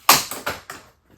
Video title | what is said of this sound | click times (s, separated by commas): Worx Pegasus Folding Workbench | And you'll hear a positive click as it locks in place. | 0.1 s